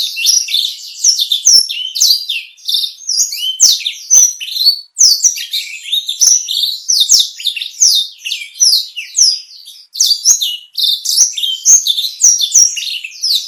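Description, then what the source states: Black-throated canary in long, fluent song: bright chattering notes and rising and falling whistles packed tightly together, with only momentary breaks. Bird singing constantly ('gacor') in a clear 'kristal' style, used to train cage birds.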